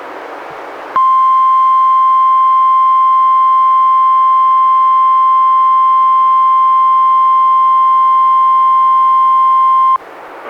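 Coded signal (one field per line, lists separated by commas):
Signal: Emergency Alert System (SAME) tones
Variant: 1050 Hz attention tone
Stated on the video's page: Weekly test from the National Weather Service, relayed by a NOAA Weather Radio station, recorded directly from a weather radio into an audio recorder.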